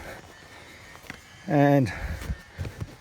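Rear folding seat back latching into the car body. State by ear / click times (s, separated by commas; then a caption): not seated / none. A rear folding seat back in a Mercedes W124 wagon is handled as it is pushed upright toward its latch in the car body. Someone talks over faint handling noise, with a brief tap at about 1.1 s. The seat back has not latched or clicked into place yet.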